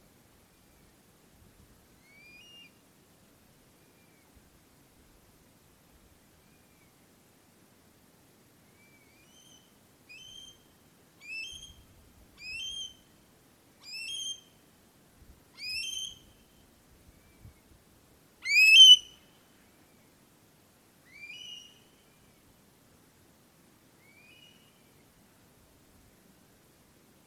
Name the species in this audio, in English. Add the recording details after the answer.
Long-eared Owl, Eurasian Stone-curlew. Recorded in France